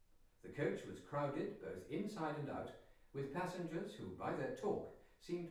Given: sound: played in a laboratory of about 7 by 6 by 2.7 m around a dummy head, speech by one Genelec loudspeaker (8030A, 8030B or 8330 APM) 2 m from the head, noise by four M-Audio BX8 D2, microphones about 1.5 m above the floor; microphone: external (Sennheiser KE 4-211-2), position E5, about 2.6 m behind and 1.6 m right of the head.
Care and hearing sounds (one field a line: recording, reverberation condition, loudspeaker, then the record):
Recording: male speech in English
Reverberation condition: medium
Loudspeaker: 60 degrees to the left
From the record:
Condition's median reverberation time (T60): about 510 ms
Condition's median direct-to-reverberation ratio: about -0.5 dB